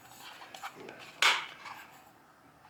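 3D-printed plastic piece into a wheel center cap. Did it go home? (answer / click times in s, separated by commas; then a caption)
yes / 1.2 s. A custom 3D-printed plastic piece is pressed over a wheel center cap, and after light scraping and handling sounds it snaps into place with a sharp, bright click at 1.2 s. Softer rustling follows as the sound fades.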